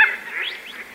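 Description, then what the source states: Mandarin duck giving a short, wavering harmonic call that rises and falls. Recorded at Takagawa Dam, Kagoshima Prefecture, Japan.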